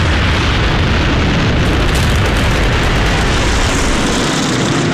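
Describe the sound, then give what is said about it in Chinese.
Japanese aircraft drone over a dense, continuous barrage of booming bomb explosions during the attack on Pearl Harbor, a loud, heavy rumble filling the whole stretch with no pauses and no voices. “伴随日本飞机的轰炸声，美国宣布加入二战。”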